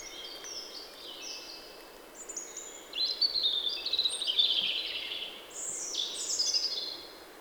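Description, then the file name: European robin singing continuous high warbles, a thin wavering whistle leading into fast tinkling trills and a bright final phrase, over low hiss. "Erithacus rubecula"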